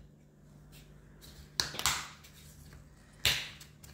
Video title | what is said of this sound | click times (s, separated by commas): Book Nook Part 3 final Floral Corner #Robotime#Rolife_official#Rolife#christmasshopping#gift | On entend bien le clac, clac, clac, clac, clac. | 1.6 s, 1.9 s, 3.2 s